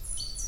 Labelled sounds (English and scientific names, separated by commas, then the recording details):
Stitchbird (Notiomystis cincta) song
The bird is a male
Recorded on Tiritiri Matangi Island, New Zealand, in 2005
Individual 7, of nest box 9